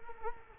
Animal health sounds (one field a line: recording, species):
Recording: mosquito wingbeat signal from an infrared sensor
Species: Culex quinquefasciatus